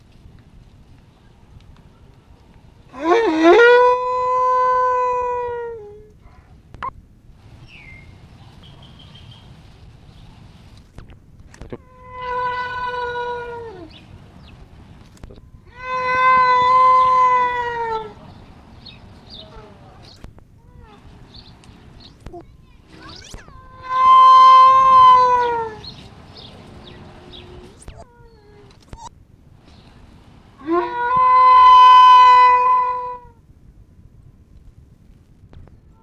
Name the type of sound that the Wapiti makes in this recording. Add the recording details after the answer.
call. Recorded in captivity. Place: Tierpark Berlin, Berlin, DE. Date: 1967-10-01. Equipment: Uher 4000 Report-S, Transistorverstärker II, Sennheiser MD 421. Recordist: Tembrock, Günter